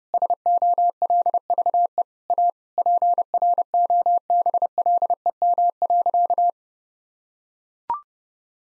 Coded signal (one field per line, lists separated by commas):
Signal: Morse code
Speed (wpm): 32 wpm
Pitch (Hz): 700 Hz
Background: none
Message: SOLVE A PROBLEM.